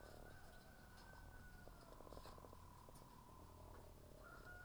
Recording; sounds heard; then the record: poultry house recording; sick chickens (respiratory disease)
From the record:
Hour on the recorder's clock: 10